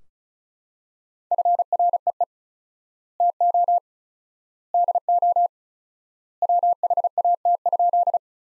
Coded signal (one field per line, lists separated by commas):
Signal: Morse code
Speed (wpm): 36 wpm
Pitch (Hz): 700 Hz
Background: none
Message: FREE TO DO WHAT?